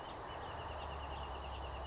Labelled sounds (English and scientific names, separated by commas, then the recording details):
Wrentit (Chamaea fasciata)
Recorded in Sonoma County, California